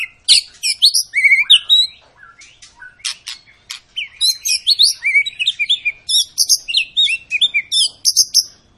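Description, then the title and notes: White-rumped shama song, a rich varied run of high whistles, sharp clicks and slurred phrases, pausing briefly midway before resuming with quick repeated whistled notes. Long lure song of a vigorously singing (gacor) shama, used to stimulate other birds to sing. "Pancingan Murai Batu Gacor Panjang. muraiku"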